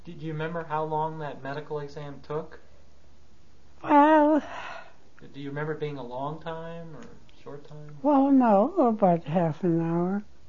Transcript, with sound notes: Do you remember how long that medical exam took?
Well-- (She sighs.)
Do you remember it being a long time, or a short time?
Well, no. About half an hour.